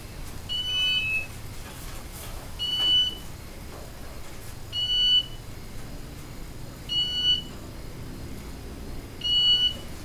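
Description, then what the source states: Bird call: clear, flat beeping notes, the first dropping slightly in pitch, repeated evenly about every two seconds, with a faint hum beneath. Recorded in Indonesia; described as beeping birds.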